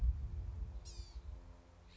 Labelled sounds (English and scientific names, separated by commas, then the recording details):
Blue-gray Gnatcatcher (Polioptila caerulea)
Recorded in Sonoma County, California